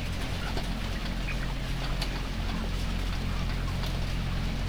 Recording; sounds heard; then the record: poultry house recording; healthy chickens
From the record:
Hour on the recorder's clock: 6